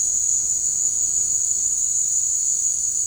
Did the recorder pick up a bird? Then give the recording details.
no. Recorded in dense forest near Puerto Asís, Putumayo, Colombia, on 13 March 2025 at 17:30. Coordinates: 0.485, -76.318. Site G056